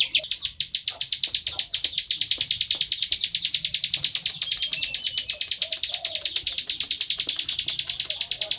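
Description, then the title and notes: Bar-winged prinia producing a fast, steady stream of high, clicking notes that runs on without pause. Weak low sounds sit in the background. Ngebren style continuous calling, used as a masteran tutor track for training oriental magpie-robins. "Ciblek Ngebren Untuk Masteran Murai Batu. Suara burung ciblek - Suara Nada"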